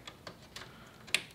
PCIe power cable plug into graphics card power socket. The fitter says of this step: that in there and it clicks into place